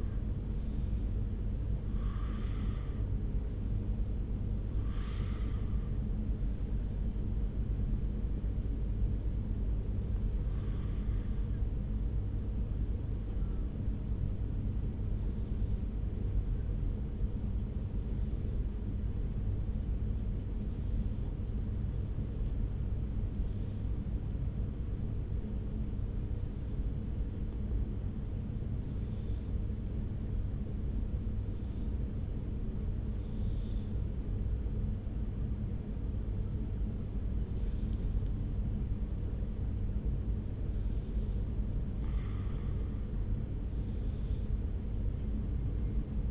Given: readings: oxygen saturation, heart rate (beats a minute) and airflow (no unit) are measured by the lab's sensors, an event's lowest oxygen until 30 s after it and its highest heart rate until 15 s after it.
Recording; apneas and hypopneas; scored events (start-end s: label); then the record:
breathing in sleep by a smartphone at the bedside; 1
10.00-36.40 s: hypopnea (N2, oxygen 97% highest, then 94% lowest)
From the record:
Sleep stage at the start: N2 (light sleep); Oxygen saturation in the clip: 90 to 97%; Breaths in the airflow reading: 16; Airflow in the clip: -1.2 to 1.9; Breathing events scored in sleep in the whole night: 335 in 6.7 hours asleep